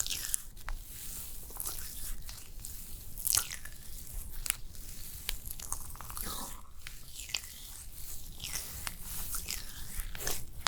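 Layered facial spa sounds: a steady soft hiss runs throughout beneath wet, squishy clicks and smacks that arrive every second or so. Sharper crisp bursts stand out near 0.3, 3.3, 4.5 and 10.5 seconds, with a low rumble underneath.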